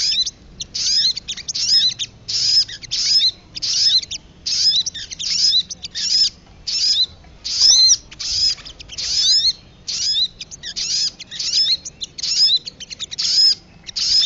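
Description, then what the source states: Lovebird calling: steady series of harsh, high squeaky chatter bursts, a little more than one per second, insistent for the whole stretch. Lure call recording used for trapping birds.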